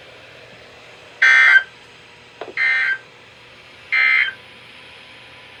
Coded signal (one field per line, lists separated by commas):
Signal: Emergency Alert System (SAME) tones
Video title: End Of The Week Alerts (EAS 620-636)